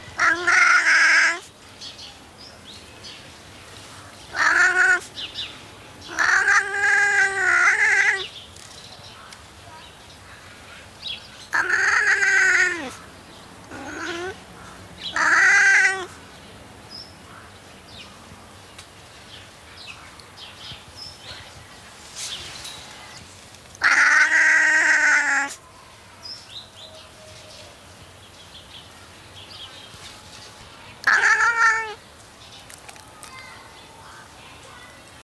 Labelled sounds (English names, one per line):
Wildcat call